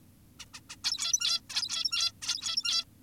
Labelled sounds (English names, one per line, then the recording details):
Zebra Finch
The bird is an adult
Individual g17y2U